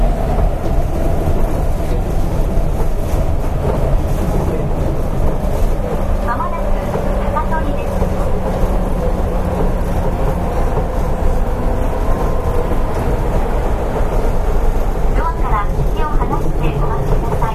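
An Astram Line 6000 train runs with a steady, dense low rumble and rattling that hardly changes in level across the whole stretch. A faint hum holds from about 6 to 10 seconds, and brief chirping squeals cut through around 6–7 and 15–16 seconds.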